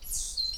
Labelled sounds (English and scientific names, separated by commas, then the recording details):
Stitchbird (Notiomystis cincta) song
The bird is a male
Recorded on Tiritiri Matangi Island, New Zealand, in 2005
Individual 8, of nest box 10